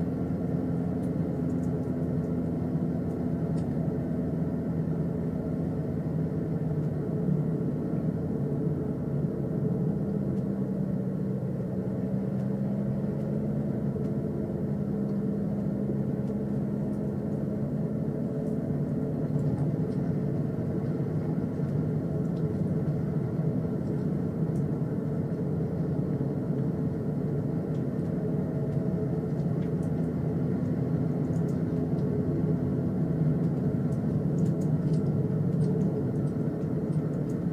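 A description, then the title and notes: A car ride heard from inside, with a steady low engine and road rumble that stays even in loudness throughout. The engine tone drifts gently up and down as speed changes, and faint light ticks and rattles appear now and then above the drone. ASMR Car Ride.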